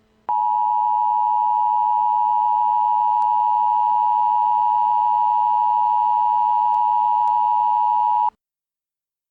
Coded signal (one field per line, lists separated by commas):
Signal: Emergency Alert System (SAME) tones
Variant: 853 and 960 Hz attention tone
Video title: EAS Scenario - AndrewSilverman's Old Channel Invasion By Zakkujennasei (REMASTERED) [Fixed Version]